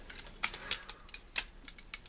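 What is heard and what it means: The plastic plugs of a Transformers Generations Leader class Jetfire figure's big red backpack are pushed into the sockets on its back, giving sharp plastic snaps at 0.4 s and 0.7 s, followed by several quieter clicks. The backpack is seated.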